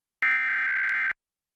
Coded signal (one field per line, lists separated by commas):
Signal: Emergency Alert System (SAME) tones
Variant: header bursts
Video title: Pennsylvania EAS May RMT Emergency Alert System Required Monthly Test on CBS 3 KYW-TV 5/20/21